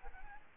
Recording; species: mosquito wingbeat signal from an infrared sensor; Aedes albopictus